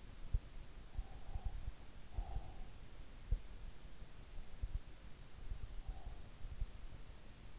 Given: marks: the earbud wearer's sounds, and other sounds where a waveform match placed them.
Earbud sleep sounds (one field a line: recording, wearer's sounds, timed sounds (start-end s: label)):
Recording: sounds in sleep by an in-ear microphone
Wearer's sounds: breath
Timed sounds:
0.71-2.64 s: breath